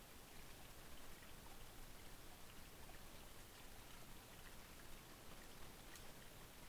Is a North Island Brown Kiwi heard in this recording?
no